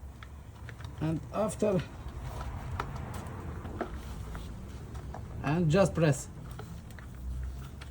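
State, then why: Not seated. A breather pipe connector, with its metal retaining clip already fitted on the pipe, is handled at the rocker cover spigot of a Vauxhall/Opel 1.6, 1.4, 1.2 or 1.8 petrol engine during a rocker cover gasket replacement. Someone talks while faint taps and handling clicks sound around the engine. Nothing has seated or clicked home yet.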